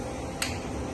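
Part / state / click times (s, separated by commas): lid of a laboratory centrifuge / not seated / none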